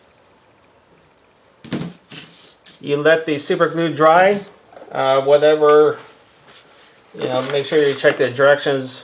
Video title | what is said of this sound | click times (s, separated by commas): TOYOTA / LEXUS DOOR ACTUATOR REPAIR REBUILD | shall fall right into place at that point you press down you should hear hear it click | 1.7 s